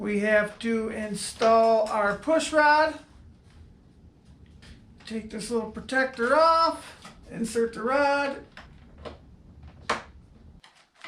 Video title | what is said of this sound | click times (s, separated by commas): Night Timber X Unboxing & Assembly | okay i heard that little click she's in | 9.9 s